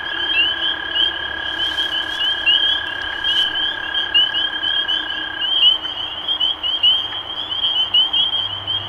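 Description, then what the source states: Spring peepers in a dense chorus, many high rising peeps overlapping continuously, with a steady long tone held underneath for about five seconds. Recorded 23 March 2012.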